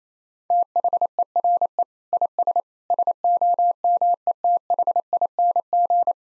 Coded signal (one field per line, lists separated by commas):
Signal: Morse code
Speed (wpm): 28 wpm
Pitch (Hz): 700 Hz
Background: none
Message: THERE IS SOMETHING